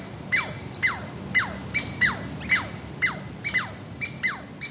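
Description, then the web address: Douglas squirrel territorial calls, a rapid series of shrill, descending chirps. Pair calling about intruders in their territory, especially near their central larder of conifer cones; forests west of the Cascades. "Birdnote. The Douglas Squirrel"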